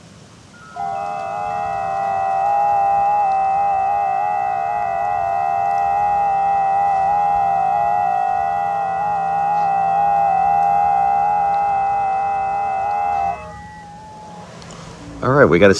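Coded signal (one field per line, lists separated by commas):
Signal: FT8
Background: speech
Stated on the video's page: FT8 and Morse from a QRP POTA park activation using a QRP Labs QMX transceiver, an EFHW antenna, a UMPP-1 paddle and an 11.1V battery.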